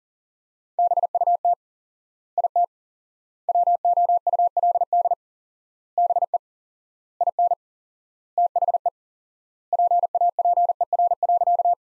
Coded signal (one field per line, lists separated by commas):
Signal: Morse code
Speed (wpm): 40 wpm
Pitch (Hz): 700 Hz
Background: none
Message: BUT IT WOULD BE IN THE PAPER.